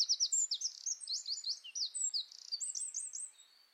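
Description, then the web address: Bird song, a quick, jumbled sequence of high slurred chirps and buzzy notes, ending in a fast series of downward-sweeping whistles. "Deverinetal 2025 File origin Bird Only"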